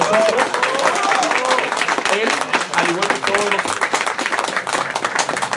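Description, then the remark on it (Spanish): Loud, sustained applause from an audience at a Panini comics event, welcoming one of the Panini translators; a dense crackle of many hands clapping for the full few seconds, with scattered voices and cheers mixed into the noise. “Muy bien, muchísimas gracias, un fuertísimo aplauso para”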